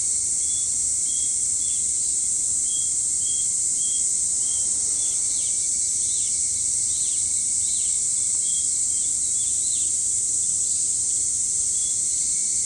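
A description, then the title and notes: A hummingbird's small, high chirps repeat steadily, roughly once or twice a second, with a cluster of quick rising-and-falling notes in the middle of the clip. Behind them, a constant, dense, shrill insect drone fills the air, over a faint low rumble. Humming Bird. 朝に聴こえる44秒の ハミングバードの世界.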